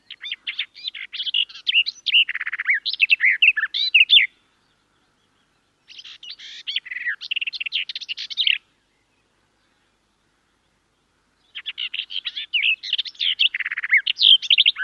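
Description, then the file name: Garden warbler singing three sustained runs of rapid warbling notes separated by short quiet gaps. "Canto do felosa das figueiras"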